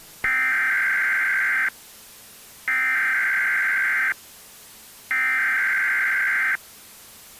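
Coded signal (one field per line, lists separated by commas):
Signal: Emergency Alert System (SAME) tones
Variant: header bursts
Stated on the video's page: Fictional EAS scenario based on a game, inspired by a series of EAS scenarios.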